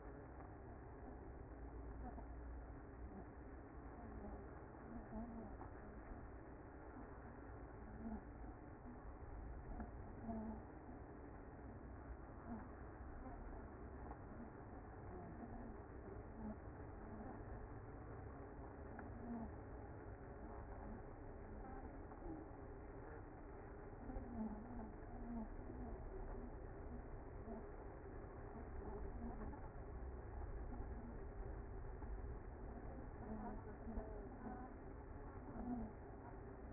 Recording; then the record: honeybee colony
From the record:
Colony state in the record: active